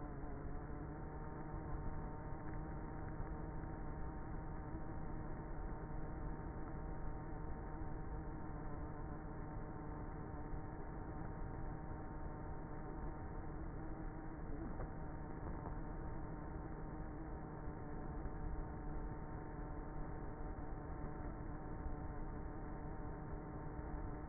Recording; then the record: honeybee colony, microphone inside the hive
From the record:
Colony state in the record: queenless with a low population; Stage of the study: before two queens were removed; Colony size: about 30,000 bees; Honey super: no